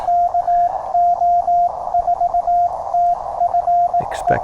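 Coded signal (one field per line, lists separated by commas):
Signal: Morse code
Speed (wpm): 18 wpm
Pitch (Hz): 700 Hz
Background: speech, radio noise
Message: KO4TFE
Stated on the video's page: QRP CW Parks on the Air activation with a Penntek TR-35, under poor propagation; the keyer acted up, changing speed while sending.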